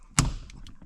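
The plastic mounting clip of a replacement sun visor on a 2007 to 2011 Toyota Camry is partially seated and then pushed into the headliner roof bracket, giving a sharp, loud snap at 0.2 s. Fainter ticks and taps follow through the rest of the clip. The clip snaps home and seats, with both sides clicked in.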